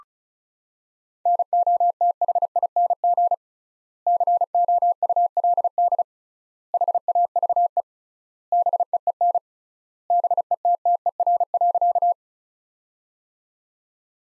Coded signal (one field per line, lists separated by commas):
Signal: Morse code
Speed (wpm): 36 wpm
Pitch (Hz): 700 Hz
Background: none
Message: NOTHING COULD HAVE BEEN BETTER.